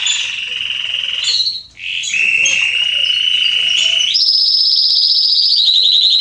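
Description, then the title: Belgian canary singing a mid-pitched trill and a short higher note, a brief pause, then a sustained mid-pitched trill that rises into a higher, rapid trill. Male Belgian canary singing continuously, to warm up and train young canaries. "Canary Training Esquente Seu Filhote E Canario Belga Macho Cantando Muito CANTO DO CANRIO"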